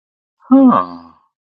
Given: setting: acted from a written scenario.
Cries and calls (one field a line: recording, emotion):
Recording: vocal sound without words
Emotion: interest